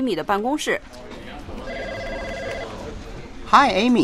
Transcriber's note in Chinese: Office ambience